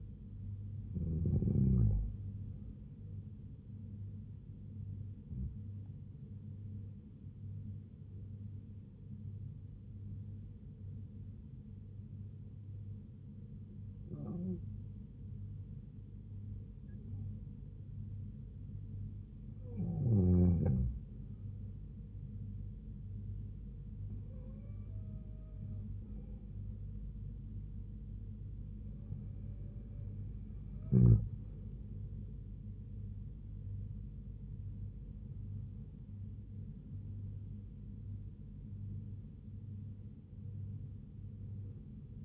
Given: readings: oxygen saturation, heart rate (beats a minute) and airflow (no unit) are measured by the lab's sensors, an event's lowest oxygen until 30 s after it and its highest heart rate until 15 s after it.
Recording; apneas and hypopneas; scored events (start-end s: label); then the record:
breathing in sleep by a smartphone at the bedside; 1
9.00-20.60 s: hypopnea (N2, oxygen 94% highest, then 91% lowest, heart rate 69 at the start, 76 highest)
From the record:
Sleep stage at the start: N2 (light sleep); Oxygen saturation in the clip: 91 to 94%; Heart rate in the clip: 66 to 77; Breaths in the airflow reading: 9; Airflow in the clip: -5.6 to 3.9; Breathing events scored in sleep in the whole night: 158 in 7.3 hours asleep